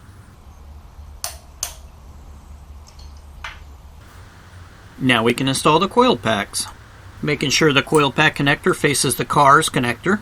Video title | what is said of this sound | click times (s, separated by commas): Changing the Plug & Coil packs on 2004 Camry | when you've hit the correct torque you'll hear a loud click and the torque wrench will actually give away a little bit | 1.2 s